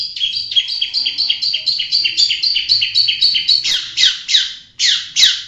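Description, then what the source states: Long-tailed shrike song: a fast string of high, clipped double notes for nearly four seconds, then a few harsh, rasping bursts. Song used for training captive songbirds.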